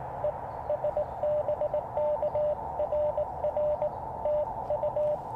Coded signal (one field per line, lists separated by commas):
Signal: Morse code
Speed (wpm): 18 wpm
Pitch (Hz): 590 Hz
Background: radio noise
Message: E S BK RR TU